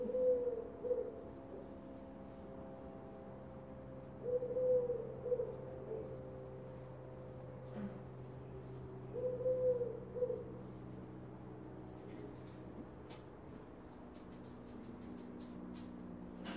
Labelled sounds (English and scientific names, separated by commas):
Eurasian Collared Dove (Streptopelia decaocto)